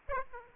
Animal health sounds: mosquito wingbeat signal from an infrared sensor; Aedes aegypti

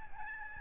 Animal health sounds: mosquito wingbeat signal from an infrared sensor; Aedes albopictus

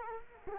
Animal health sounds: mosquito wingbeat signal from an infrared sensor; Culex quinquefasciatus

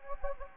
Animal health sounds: mosquito wingbeat signal from an infrared sensor; Anopheles gambiae

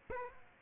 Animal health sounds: mosquito wingbeat signal from an infrared sensor; Aedes aegypti

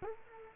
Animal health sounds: mosquito wingbeat signal from an infrared sensor; Culex quinquefasciatus

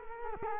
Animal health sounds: mosquito wingbeat signal from an infrared sensor; Culex quinquefasciatus

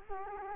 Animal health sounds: mosquito wingbeat signal from an infrared sensor; Culex quinquefasciatus

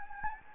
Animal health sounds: mosquito wingbeat signal from an infrared sensor; Anopheles gambiae

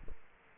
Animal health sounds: mosquito wingbeat signal from an infrared sensor; Culex quinquefasciatus

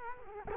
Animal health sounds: mosquito wingbeat signal from an infrared sensor; Culex quinquefasciatus

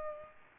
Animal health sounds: mosquito wingbeat signal from an infrared sensor; Aedes aegypti

